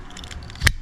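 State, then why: Seated. A pull key is pushed into a trailer breakaway switch body so the indent in the key section locks in place and holds the plunger contacts apart. A few faint light ticks come first, then a single sharp, loud snap at 0.7 s as the key locks in and is seated.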